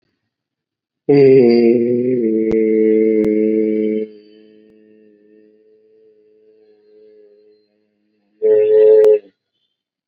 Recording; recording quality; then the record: sustained vowel as in beet; poor, much background noise or distortion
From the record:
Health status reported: COVID-19 positive, mild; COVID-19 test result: positive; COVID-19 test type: RT-PCR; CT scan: not taken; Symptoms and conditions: cough, diabetes, another condition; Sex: male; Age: 55 years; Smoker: yes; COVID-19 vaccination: both doses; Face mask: worn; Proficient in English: yes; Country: India